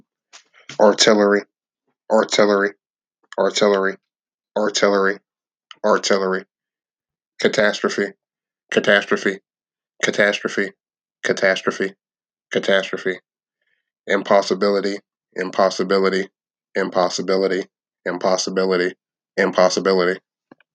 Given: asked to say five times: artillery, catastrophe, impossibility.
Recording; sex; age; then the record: three words, each repeated; male; 30 to 39 years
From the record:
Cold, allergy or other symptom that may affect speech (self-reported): no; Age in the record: 34 years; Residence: Pennsylvania, United States